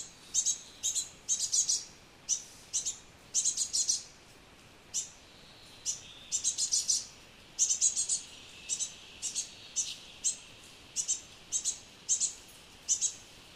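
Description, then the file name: Great tit calling with thin, high-pitched notes, mostly in rapid runs of two to four and some single notes, continuing throughout against a quiet background. "Parus major"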